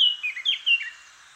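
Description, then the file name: Eurasian blackcap song: a brief phrase of loud, clear whistled notes with slurred downward inflections, fading out after about a second. "Sylvia atricapilla"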